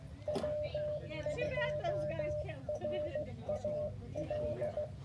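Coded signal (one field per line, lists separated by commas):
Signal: Morse code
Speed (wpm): 16 wpm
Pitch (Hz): 600 Hz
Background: speech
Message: W2RAL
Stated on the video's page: Live CW park activation in the field, with a few SSB contacts.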